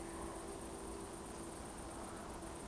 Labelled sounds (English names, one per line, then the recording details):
Eurasian Woodcock whistle
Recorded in Baden-Württemberg, Germany, on 23 June 2020 at 20:25 UTC
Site 14569, 102 m above sea level